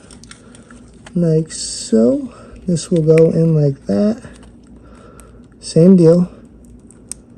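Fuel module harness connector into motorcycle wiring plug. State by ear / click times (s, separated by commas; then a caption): seated / 7.1 s. A plastic fuel module harness connector is plugged into its mate on a Yamaha R1 motorcycle's wiring plug while someone talks. Soft handling taps come between the phrases, then one sharp, loud click at 7.1 s shows the connector has seated.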